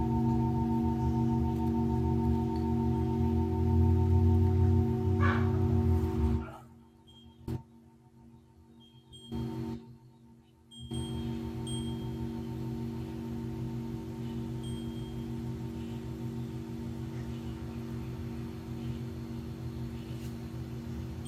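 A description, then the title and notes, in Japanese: A singing bowl rings with a steady, layered hum of low and middle tones that hold for the first six seconds. The sound then drops away almost to silence, broken by a brief knock near 7.5 seconds and another at 9.5, before the sustained ringing returns and continues evenly to the end. 真夜中のシンギングボウルのサウンドヒーリング。チベタンシンギングボウルボウル。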